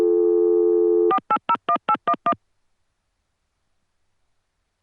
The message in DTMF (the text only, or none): 4801811